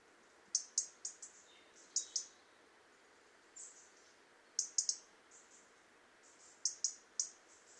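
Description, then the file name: European robin calls: brief, very high tick notes delivered in fast clusters of two to four, recurring at irregular intervals amid faint hiss. "Erithacus rubecula"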